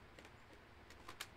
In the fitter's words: make sure that's locked into place too and now we have our extension plug goes in here right